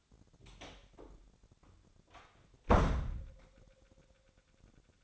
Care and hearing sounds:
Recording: daily activity, microphone in the room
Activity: close door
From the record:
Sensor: 3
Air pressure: 1007.3 hPa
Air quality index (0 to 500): 200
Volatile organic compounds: 16 ppm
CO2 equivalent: 2557 ppm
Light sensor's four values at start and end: 12/29/12/12 and 12/29/12/12

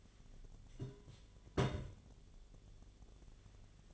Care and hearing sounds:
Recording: daily activity, microphone in the room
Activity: place on stove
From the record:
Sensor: 4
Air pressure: 1010.9 hPa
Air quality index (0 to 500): 168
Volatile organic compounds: 5 ppm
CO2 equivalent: 1707 ppm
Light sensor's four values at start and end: 39/113/45/46 and 39/113/45/46

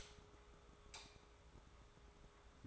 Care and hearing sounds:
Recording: daily activity, microphone in the room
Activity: light on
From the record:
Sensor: 3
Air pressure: 1010.2 hPa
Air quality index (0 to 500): 166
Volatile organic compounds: 9 ppm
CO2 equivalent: 2170 ppm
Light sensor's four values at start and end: 50/123/54/60 and 51/128/56/62

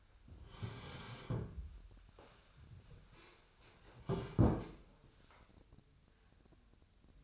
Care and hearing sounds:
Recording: daily activity, microphone in the room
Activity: sit down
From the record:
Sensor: 2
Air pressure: 1015.1 hPa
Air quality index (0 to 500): 150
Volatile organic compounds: 7 ppm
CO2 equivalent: 1948 ppm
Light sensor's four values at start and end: 13/34/13/15 and 13/35/13/15

